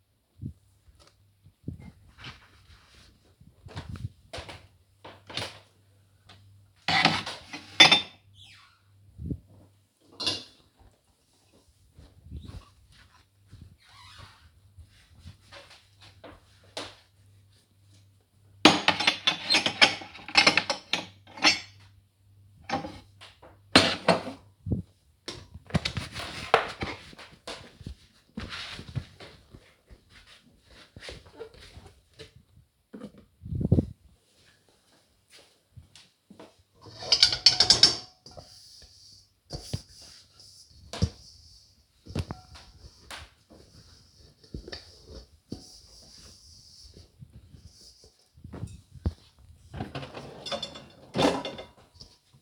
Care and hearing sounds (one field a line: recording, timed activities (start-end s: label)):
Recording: household activities, microphone on the right wrist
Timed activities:
0.00-52.41 s: cleaning out the dishwasher